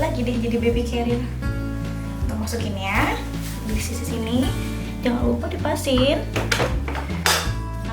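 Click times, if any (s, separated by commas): 7.3 s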